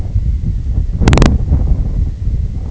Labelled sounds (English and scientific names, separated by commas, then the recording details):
none
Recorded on Arctic tundra, site IGLO-D, on 25 June 2018
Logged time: 08:00